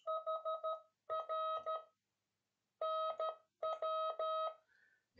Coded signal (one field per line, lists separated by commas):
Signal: Morse code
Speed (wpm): 13 wpm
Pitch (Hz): 1270 Hz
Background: none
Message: HR NW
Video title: S2CN - CÓDIGO MORSE 26 - ABREVIATURAS DE SERVICIO